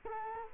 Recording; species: mosquito wingbeat signal from an infrared sensor; Culex quinquefasciatus